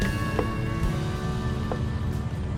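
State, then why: Not seated. A hinge or lift-support fitting on the rear hatch window of a 2002 Suburban is worked onto its mount after being bumped with a screwdriver, giving two short knocks near 0.4 and 1.7 seconds over a steady tonal hum. Nothing has seated or clicked yet; the fitting is not home.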